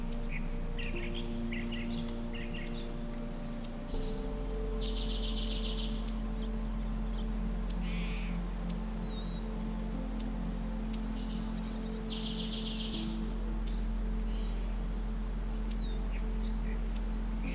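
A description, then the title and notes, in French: Soft birdsong with quick chirps and short trills sounds throughout, with bursts every second or two and a brighter rattling call around 5 and 12 seconds. Beneath it runs a steady, sustained tone of low held notes, shifting once around four seconds. Les doux chants d'oiseaux en harmonie avec une musique apaisante. Ces sons de la forêt.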